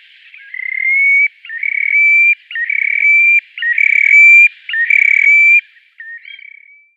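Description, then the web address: Terek sandpiper display song: a steady run of five rolling, pulsed whistled phrases, each roughly a second long and gently rising, ending with a softer note. "Schulze Peter Terek Sandpiper display"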